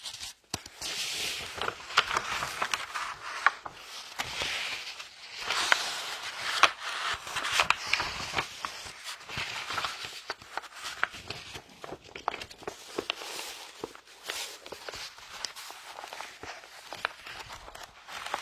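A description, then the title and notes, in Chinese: Book pages being flipped and rustled, a dense run of crisp, papery swishes and soft thumps continuing steadily throughout, with no other sounds. 好听舒服的翻书的声音｜白噪音。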